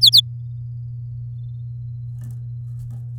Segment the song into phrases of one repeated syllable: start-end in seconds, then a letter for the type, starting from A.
0.01-0.21 A